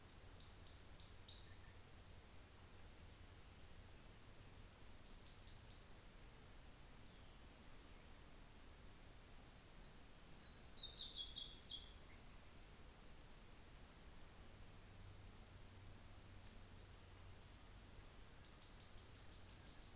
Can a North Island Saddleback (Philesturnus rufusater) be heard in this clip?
no